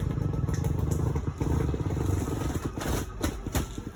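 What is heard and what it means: The slide-out drive motor on a Forest River Wildwood 22RBS travel trailer drones steadily as the slide-out is run out with the wall button to full extension. The motor winds up and its slip clutch clicks at 0.6, 3.2 and 3.6 seconds, signaling to let off the button. The clicking then stops.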